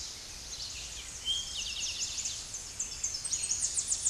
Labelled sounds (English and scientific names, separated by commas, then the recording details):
Eastern Towhee (Pipilo erythrophthalmus) song
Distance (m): 25 m
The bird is about 10 m above the microphone
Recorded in a Pennsylvania forest on 16 May 2024 at 08:24
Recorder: AudioMoth, point MSD-1293
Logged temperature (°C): 12.0 °C
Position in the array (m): 70 m, 171 m